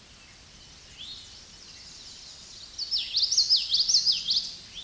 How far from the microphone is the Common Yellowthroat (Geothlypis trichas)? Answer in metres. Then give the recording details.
about 5 m. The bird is about level with the microphone. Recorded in a Pennsylvania forest on 16 May 2024 at 07:59. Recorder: AudioMoth, point MSD-2061. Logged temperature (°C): 16.1 °C. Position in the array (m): 230 m, 181 m